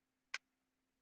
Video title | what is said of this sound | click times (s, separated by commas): the example of a can opener. | click into place | 0.3 s